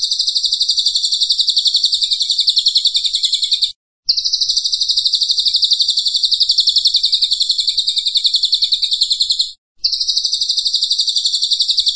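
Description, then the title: Pygmy bushtit song: a continuous shrill trill of quick, even pulses, given in long runs separated by short pauses. Training (masteran) recording of a Cililin singing persistently (gacor). "Cililin AMPUH"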